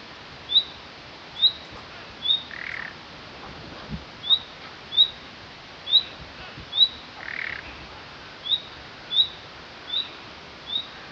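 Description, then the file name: Common nightingale calls: short, thin rising whistles repeated about once a second, with two brief harsh rasping notes between them, over a steady low background hiss. "Luscinia megarhynchos"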